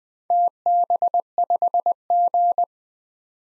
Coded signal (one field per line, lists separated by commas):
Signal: Morse code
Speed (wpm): 20 wpm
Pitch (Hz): 700 Hz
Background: none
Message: TB5G